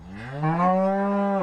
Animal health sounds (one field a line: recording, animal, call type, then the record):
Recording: contact call of a hoofed animal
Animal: cattle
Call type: low-frequency (closed-mouth) or high-frequency (open-mouth) call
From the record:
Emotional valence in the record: negative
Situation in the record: full separation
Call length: 1.43 s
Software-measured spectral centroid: 1070 Hz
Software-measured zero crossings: 1160 a second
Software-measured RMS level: -23 dBFS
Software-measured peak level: -12 dBFS